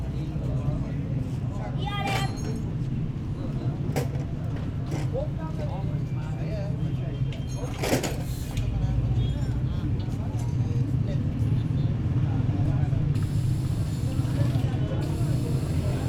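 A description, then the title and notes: Steady low traffic rumble at a Tehran gate, with scattered voices, a few sharp clatters near two and eight seconds, growing louder later. Soundscapes of gates of Tehran, Sound artist: Vedad Famourzadeh. So, I decided to field record the Soundscapes of the non-places, of locations of the non-existing gates.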